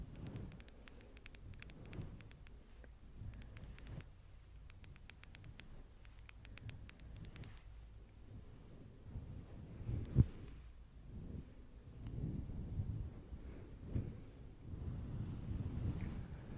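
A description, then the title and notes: Quick bursts of nail tapping click through the first eight seconds over soft rumbling, then low, fluffy mic brushing swells, with a thump near ten seconds. ASMR Nail Tapping & Fluffy Mic Brushing.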